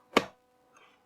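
Fingers press the bottom headlight adjuster ball joint, the more flexible of the adjusters, onto its ball stud in the headlight housing. A single sharp snap lands at 0.2 s, followed by faint, soft handling noises. The joint is seated and snapped on.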